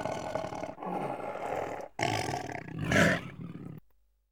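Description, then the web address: Tiger growling in three deep, rough bursts, the last one longer and louder. "KMP Film Video Sound Effects. Tijger - Gegrom"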